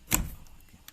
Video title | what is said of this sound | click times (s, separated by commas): PROTON EXORA FULL DEEP CLEANING + FULL FLOOR SOUNDPROOFING AND HOW TO REMOVE ETC | You heard the pop, the click sound, and then it will be out. | 0.1 s